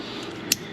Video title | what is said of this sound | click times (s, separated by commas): Quinn Reviews: Kriega Roam 34 bag (Roland Sands Designs) is this top of the range bag worth it? | Quite a satisfying little click. | 0.5 s